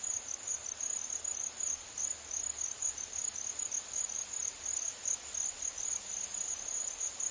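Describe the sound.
Crickets chirping in a steady very high trill, pulsing in regular bursts without pause.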